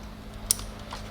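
A plastic electrical connector is pushed onto the reinstalled ignition coil of a 2013 Honda Accord during spark plug replacement, and it clicks in sharply at 0.5 s, confirming it has seated. A fainter tick follows at about 0.9 s over a steady low hum.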